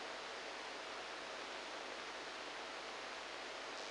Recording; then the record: brain microelectrode recording played as sound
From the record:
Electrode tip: inside the subthalamic nucleus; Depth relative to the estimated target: 0 mm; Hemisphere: right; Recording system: NeuroSet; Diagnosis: Parkinson's disease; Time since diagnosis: 10 years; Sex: male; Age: 63 years